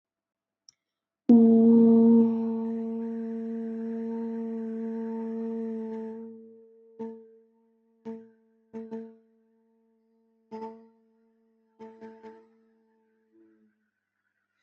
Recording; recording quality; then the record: sustained vowel as in boot; moderate, slight background noise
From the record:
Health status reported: healthy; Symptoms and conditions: none ticked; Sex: female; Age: 18 years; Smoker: not ticked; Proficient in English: yes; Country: India